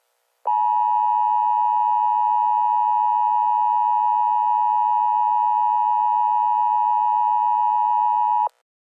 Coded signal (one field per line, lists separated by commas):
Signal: Emergency Alert System (SAME) tones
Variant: 853 and 960 Hz attention tone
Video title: EAS Scenario: Illinois Weather Disaster